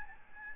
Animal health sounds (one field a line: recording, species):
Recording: mosquito wingbeat signal from an infrared sensor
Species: Aedes albopictus